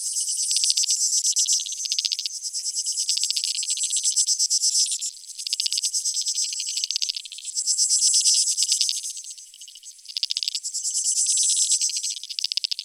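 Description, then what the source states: Insects trilling in overlapping high, rapid pulses, loudness surging and dipping irregularly, with brief quieter gaps between louder stretches. Creek insects; field recording from Australia or Portugal, made in 2011, part of a collaborative soundwork; some recordings were left unaltered and others processed.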